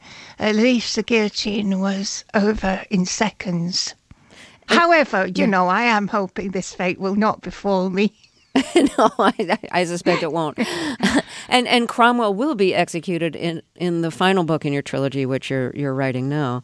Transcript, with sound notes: At least the guillotine was over in seconds. However, you know, I am hoping this fate will not befall me.
(LAUGHTER) No, I suspect it won't. And Cromwell will be executed in the final book in your trilogy, which you're writing now.